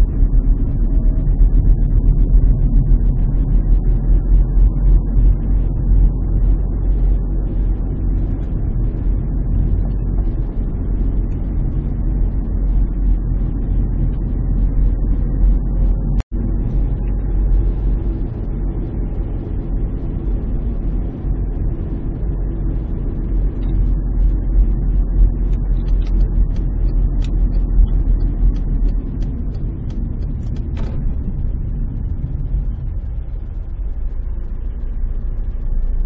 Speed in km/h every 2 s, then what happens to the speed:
27, 30, 35, 35, 35, 34, 32, 28, 33, 35, 35, 34, 32, 31, 28, 21, 18, 8.
0-4 speeds up to 35. 4-21 steady at about 35. 21-36 slows to 8.